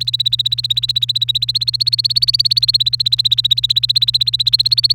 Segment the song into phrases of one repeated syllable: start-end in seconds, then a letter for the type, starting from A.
0.00-4.95 A